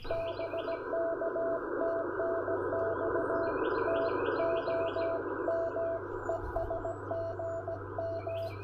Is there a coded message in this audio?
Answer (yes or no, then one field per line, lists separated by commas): yes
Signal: Morse code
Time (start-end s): 0.1-8.5 s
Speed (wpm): 16 wpm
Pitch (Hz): 660 Hz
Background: radio noise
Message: BK TNX TOM ES GM